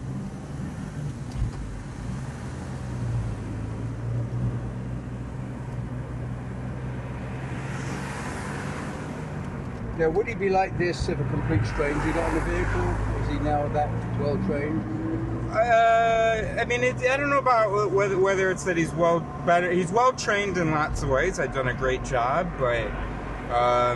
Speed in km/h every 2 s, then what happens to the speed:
15, 21, 23, 23, 26, 28, 36, 38, 39, 45, 45, 45.
0-3 speeds up to 23. 3-9 steady at about 23. 9-18 speeds up to 45. 18-24 steady at about 45.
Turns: none.